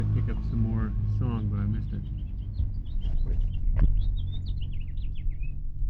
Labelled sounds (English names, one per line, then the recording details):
House Finch song
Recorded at Lawrence on Long Island, New York, on 4 June 1975
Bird D